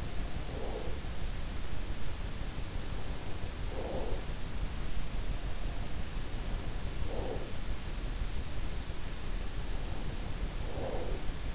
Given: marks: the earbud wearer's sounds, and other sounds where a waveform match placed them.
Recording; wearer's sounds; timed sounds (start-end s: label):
sounds in sleep by an in-ear microphone; breath
0.00-1.29 s: breath
2.99-4.51 s: breath
6.33-7.77 s: breath
9.85-11.55 s: breath